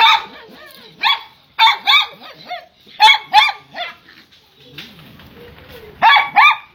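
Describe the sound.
Poodle barking: several high, yappy barks in short bursts, separated by pauses.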